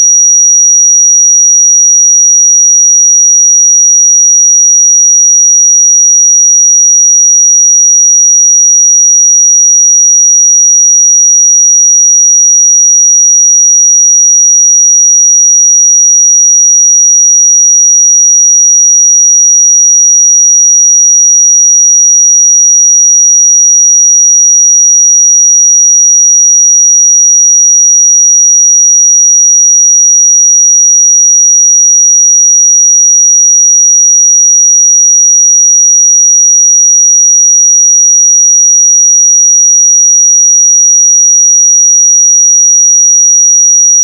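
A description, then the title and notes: A pure sine tone at 5760 Hz holds perfectly steady for the full 44 seconds. It is a single thin, bright, piercing pitch with no wavering, no breaks, and an unchanging level. Nothing else sounds behind it. 5760 Hz 1 Hz Interval Sine Pure Tone Frequency 441000 Sample Mono.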